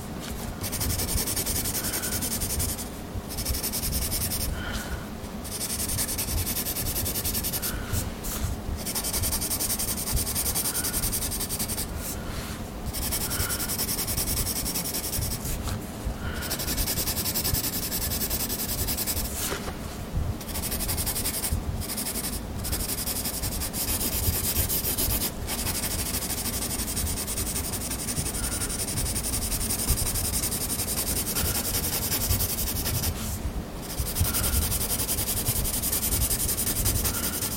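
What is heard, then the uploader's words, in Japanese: A pencil scratches and rubs steadily across paper, with brief pauses every few seconds and a dense, gritty texture throughout. ただただ鉛筆の音。鉛筆 #2B。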